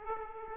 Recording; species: mosquito wingbeat signal from an infrared sensor; Aedes aegypti